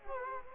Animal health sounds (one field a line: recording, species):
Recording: mosquito wingbeat signal from an infrared sensor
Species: Culex quinquefasciatus